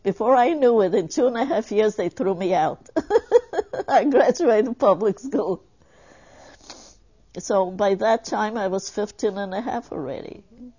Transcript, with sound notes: Before I knew it, in two and a half years they threw me (she laughs) I graduated Public School. By that time I was fifteen and a half, already